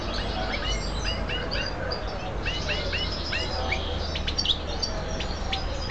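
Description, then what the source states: Canary song: series of short arched whistled notes repeated in quick runs, over a steady low background hum. Female canary.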